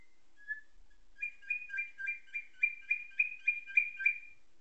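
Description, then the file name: Atlantic canary song opening with a soft single note, then a rhythmic series of bright, sharply repeated trill notes, about three or four per second, growing louder toward the end. Canary song tutored with nightingale song, a style called isian nightingale. "suara kenari isian nightingale"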